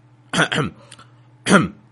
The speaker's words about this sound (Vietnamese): vội ho vài tiếng nói.